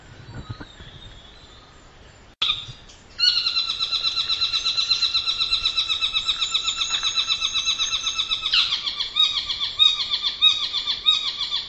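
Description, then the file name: Saddleback territorial calls: a sharp knock, then a long unbroken stream of rapid harsh chattering notes that continues to the end, with a brief change of pattern. Two pairs giving territorial calls; recorded 20 December 2007. "Saddleback two pairs territorial calls 20071220"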